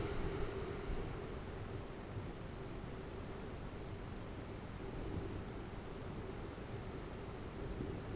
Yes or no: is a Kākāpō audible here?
no